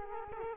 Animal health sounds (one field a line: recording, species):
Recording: mosquito wingbeat signal from an infrared sensor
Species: Culex quinquefasciatus